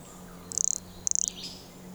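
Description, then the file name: Toadlet calls: two short, very high, rapidly pulsed buzzy notes about half a second apart, followed by a faint bird chirp. Recorded at Serra Água Limpa on 26 October 2011. "MHNCI Brachycephalus sulfuratus Serra Agua Limpa 26 out 2011 MRBornschein"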